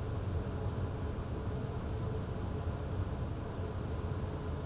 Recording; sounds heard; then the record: poultry house recording; no chicken sound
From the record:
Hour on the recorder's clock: 23